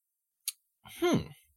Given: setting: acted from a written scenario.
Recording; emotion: vocal sound without words; interest